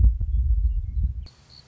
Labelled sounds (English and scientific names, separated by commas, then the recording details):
Western Meadowlark (Sturnella neglecta)
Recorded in Sonoma County, California